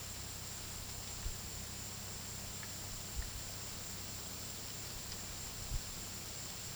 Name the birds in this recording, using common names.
none